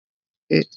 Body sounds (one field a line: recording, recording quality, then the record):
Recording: sustained vowel as in made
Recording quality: excellent, no background noise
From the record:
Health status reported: COVID-19 positive, mild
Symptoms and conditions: cold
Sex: male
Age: 25 years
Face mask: not worn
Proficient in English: yes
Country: India